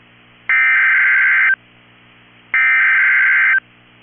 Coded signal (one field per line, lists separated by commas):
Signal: Emergency Alert System (SAME) tones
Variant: header bursts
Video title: Tornado Warning for Minneapolis, MN EAS #6 3/27/25